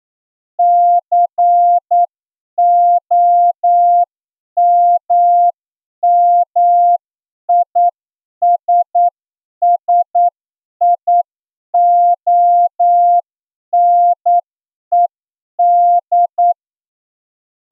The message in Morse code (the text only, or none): COMMISSIONED